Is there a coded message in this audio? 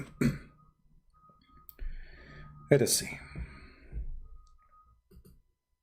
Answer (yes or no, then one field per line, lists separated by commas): no